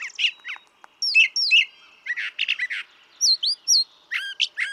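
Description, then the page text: Brown thrasher song of varied phrases: slurred high notes, a harsh chattered burst, then clear upward-hooked whistles given in pairs. Same male throughout, one of several selections totalling about three and a quarter hours from him; repertoire estimated at about 1300 songs; Atlanta, Michigan, 28 March 2017. "Brown thrasher. ♫411. March 28, 2017. Atlanta, Michigan"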